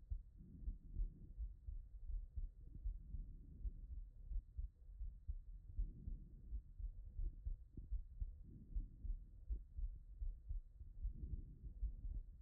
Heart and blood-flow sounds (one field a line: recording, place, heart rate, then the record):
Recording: heart sounds by stethoscope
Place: Erb's point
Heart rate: 79 bpm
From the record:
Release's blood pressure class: elevated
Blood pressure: 127/71 mmHg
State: after exercise